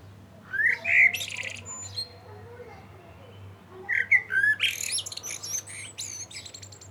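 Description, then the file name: Common blackbird song, two fluted phrases with scratchy high chatter at their ends, a short pause between them. "Turdus merula"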